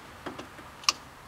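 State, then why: Seated. A spark plug wire boot is slid down over a new spark plug on a 2000–2008 Dodge Dakota during a tune-up and pushed until it snaps home. A couple of faint ticks around 0.3 and 0.4 s lead up to one sharp, bright click at 0.9 s. The boot is seated back on the plug.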